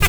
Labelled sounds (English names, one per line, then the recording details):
Zebra Finch hat call
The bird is a male
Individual mal5